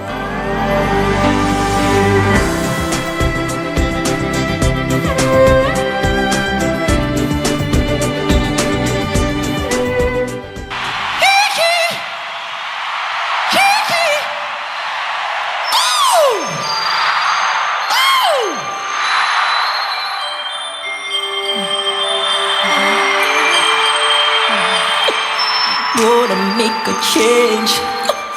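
A pop song plays loudly with dense, steady music and deep bass, then drops into a sparser passage of sustained tones and swooping pitch glides; no crowd noise stands out.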